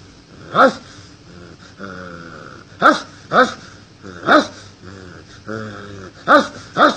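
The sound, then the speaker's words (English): A person, a patient bitten by a dog about two weeks earlier and now foaming at the mouth, imitates a dog, letting out about six loud, sharp barks in irregular pairs, with lower whining, growl-like vocal sounds filling the gaps between them. “Foaming at the mouth, odd behavior, barking like a dog.”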